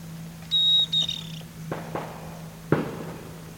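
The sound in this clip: Bird call: a loud, clear high whistle and a shorter second one, followed by a few dull knocks and taps against a low steady hum.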